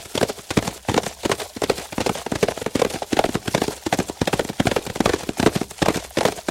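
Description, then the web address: Galloping horses: rapid overlapping hoofbeats in rolling clusters, loud and continuous throughout. A group of horses galloping. "galop dun groupe de chevaux"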